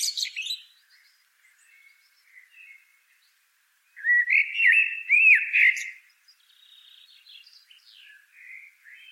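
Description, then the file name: Common blackbird song: faint high twitters and soft warbles, then a loud looping fluty phrase, followed by quieter chattering notes. "Turdus merula"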